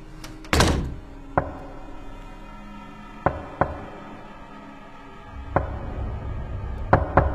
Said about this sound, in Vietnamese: Có tiếng gõ cửa vang lên trong đêm lạnh toát.